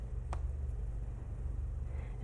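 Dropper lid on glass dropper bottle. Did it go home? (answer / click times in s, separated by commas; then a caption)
yes / 0.3 s. A lockable screw-on dropper lid is tightened onto a glass treatment bottle over a low steady hum. A short, sharp click at 0.3 s shows the lid locking on tight and seated.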